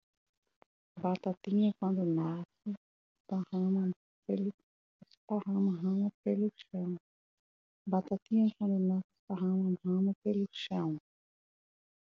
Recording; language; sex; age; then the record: short text; Brazilian Portuguese; female; 30 to 39 years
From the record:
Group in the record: control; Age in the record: 32 years